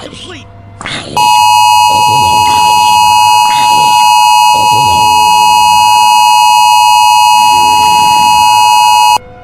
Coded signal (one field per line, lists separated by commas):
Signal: Emergency Alert System (SAME) tones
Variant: 853 and 960 Hz attention tone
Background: speech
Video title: TMYKs mini EAS Scenario Zombie Square (REUPLOAD)